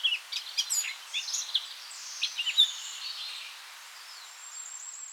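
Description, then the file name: Eurasian blackcap calls: brief scratchy and chirping notes in bursts over the first three seconds, then quieter thin high notes, with a faint hiss behind. "Sylvia atricapilla"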